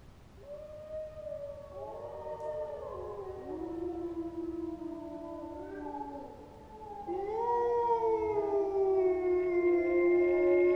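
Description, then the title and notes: Wolf: wolves howling in a pack, long sliding tones overlapping and rising into a fuller chorus after about seven seconds. Wolf pack howling in the evening in a forest near a reserve; pack slightly left of a microphone placed in advance. "Les loups. forêt de Chabrières. Réalisation: Henri Morelle"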